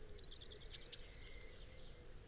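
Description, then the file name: Eurasian blue tit song: a thin very high note and two sharp notes, followed by a quick trill sliding gently downward, lasting a little over a second. "Cyanistes caeruleus"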